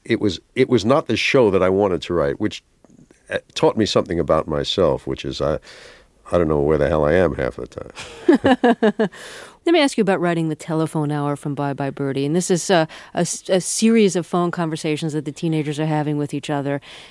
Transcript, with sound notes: it was not the show that I wanted to write, which taught me something about myself, which is I don't know where the hell I am half of the time.
(Laughter) Let me ask you about writing "The Telephone Hour" from "Bye Bye Birdie." And this is a series of phone conversations that the teenagers are having with each other,